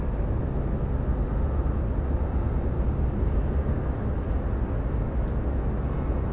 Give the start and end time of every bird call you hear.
[2.71, 2.90] European Pied Flycatcher (Ficedula hypoleuca) (4.8-8.1 kHz)

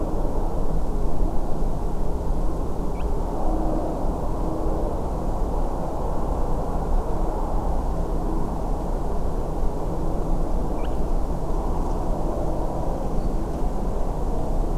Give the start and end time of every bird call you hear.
[2.95, 3.03] Spotted Crake (Porzana porzana) (1.1-4.2 kHz)
[10.78, 10.86] Spotted Crake (Porzana porzana) (1.1-4.7 kHz)

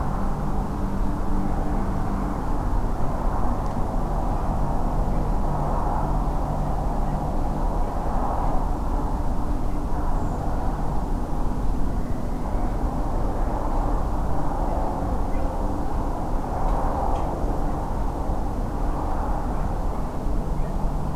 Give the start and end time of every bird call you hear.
[10.16, 10.40] Redwing (Turdus iliacus) (6.4-8.1 kHz)

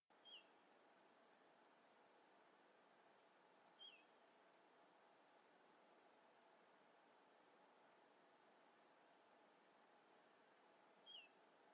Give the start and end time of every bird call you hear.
[0.22, 0.45] Little Ringed Plover (Charadrius dubius) (2.5-3.6 kHz)
[3.76, 4.05] Little Ringed Plover (Charadrius dubius) (2.5-3.4 kHz)
[11.03, 11.29] Little Ringed Plover (Charadrius dubius) (2.5-3.5 kHz)

